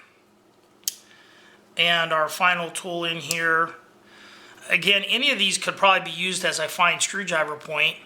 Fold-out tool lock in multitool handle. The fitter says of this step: So again, this locks into place. Unlock it.